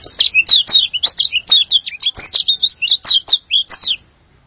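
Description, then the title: Songbird singing a rapid, high, chattering phrase of looping whistled notes with sharp ticks mixed in, stopping abruptly before four and a half seconds. "burung online"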